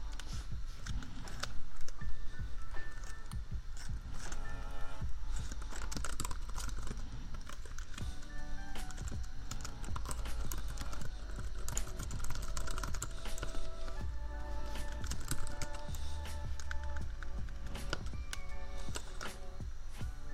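Keyboard tapping clicks along in quick, uneven bursts throughout, with sharp keystrokes scattered densely across the whole stretch. Underneath sits a steady low hum and a soft musical bed of sustained tones, holding level without any breaks.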